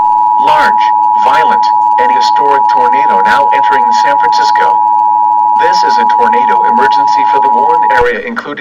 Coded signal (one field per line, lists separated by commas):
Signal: Emergency Alert System (SAME) tones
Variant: 853 and 960 Hz attention tone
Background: speech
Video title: California Derecho and Other Warnings EAS Scenario Part 3